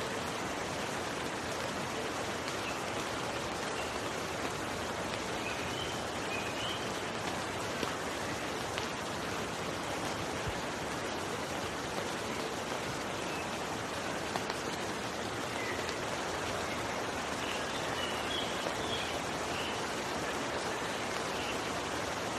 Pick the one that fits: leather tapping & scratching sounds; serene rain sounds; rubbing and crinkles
serene rain sounds